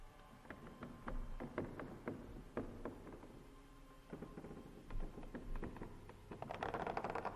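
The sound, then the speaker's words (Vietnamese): Dry scratching and rustling behind a house, where there is a well, with no voices, an irregular run of crisp crackles and scrapes at a steady moderate level that grows busier and denser toward the end. “Đúng lúc tiếng cào sột xà sột soạt lại vang lên ở sau nhà, nơi có cái giếng.”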